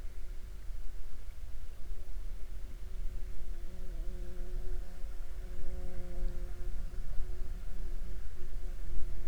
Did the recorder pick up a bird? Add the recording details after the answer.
no. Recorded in the Prudhoe Bay oil fields, Alaska, on 7 July 2019 at 01:49. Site 21